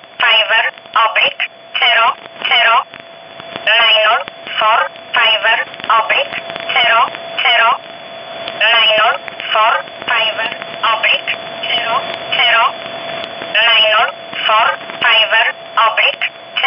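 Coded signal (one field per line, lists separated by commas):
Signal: numbers station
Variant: E11 Oblique, English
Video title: 03 06 2019 E11 Oblique Numbers station in English 0640 on 15800 unknown tx site in USB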